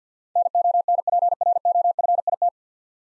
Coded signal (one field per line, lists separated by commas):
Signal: Morse code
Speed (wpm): 49 wpm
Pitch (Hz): 700 Hz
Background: none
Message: NONPROFIT